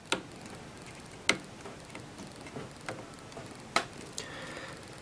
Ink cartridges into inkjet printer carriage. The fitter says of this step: these clicked into place and now i'm just gonna do one more last push and one more last touch on these plastic arms